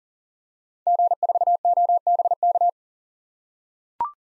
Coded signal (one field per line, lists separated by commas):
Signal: Morse code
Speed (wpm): 40 wpm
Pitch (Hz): 700 Hz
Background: none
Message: G4OBK